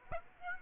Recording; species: mosquito wingbeat signal from an infrared sensor; Aedes aegypti